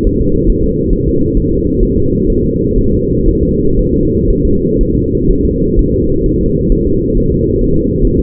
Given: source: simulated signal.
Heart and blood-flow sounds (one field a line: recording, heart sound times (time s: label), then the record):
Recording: fetal heart sounds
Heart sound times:
0.07 s: S1
0.21 s: S2
0.50 s: S1
0.64 s: S2
0.93 s: S1
1.08 s: S2
1.37 s: S1
1.52 s: S2
1.83 s: S1
1.97 s: S2
2.30 s: S1
2.45 s: S2
2.79 s: S1
2.93 s: S2
3.29 s: S1
3.43 s: S2
3.79 s: S1
3.94 s: S2
4.30 s: S1
4.45 s: S2
4.81 s: S1
4.96 s: S2
5.31 s: S1
5.45 s: S2
5.79 s: S1
5.94 s: S2
6.26 s: S1
6.41 s: S2
6.72 s: S1
6.87 s: S2
7.17 s: S1
7.32 s: S2
7.61 s: S1
7.76 s: S2
8.05 s: S1
8.19 s: S2
From the record:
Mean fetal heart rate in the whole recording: 130 bpm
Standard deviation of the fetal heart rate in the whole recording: 4 bpm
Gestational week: 38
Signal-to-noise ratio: -15.3 dB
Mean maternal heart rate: 72 bpm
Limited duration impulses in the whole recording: present